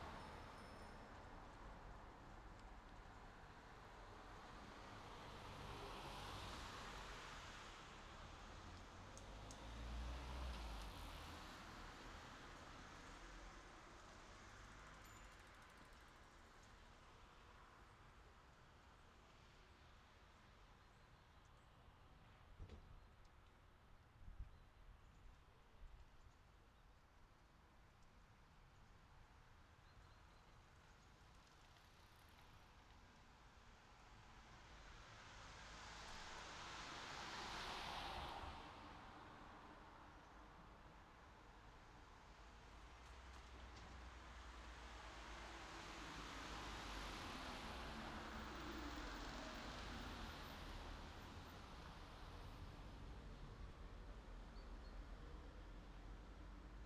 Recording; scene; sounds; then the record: everyday scene through a hearing-aid microphone; in traffic; traffic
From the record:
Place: city secondary road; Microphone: in the ear canal, left